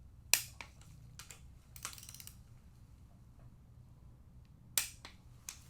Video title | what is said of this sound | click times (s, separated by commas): How to assemble a small block Chevy part 3. | you hear the snap that's when it's time to stop | 0.3 s, 4.8 s